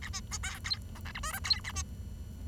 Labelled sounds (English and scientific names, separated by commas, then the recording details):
Bengalese Finch (Lonchura striata domestica) song
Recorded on 23 June 2012 at 09:52
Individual gr41rd51